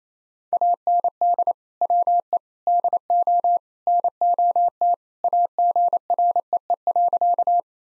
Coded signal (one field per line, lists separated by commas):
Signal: Morse code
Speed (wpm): 27 wpm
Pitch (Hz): 700 Hz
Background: none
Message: AND WE DO NOT AGREE.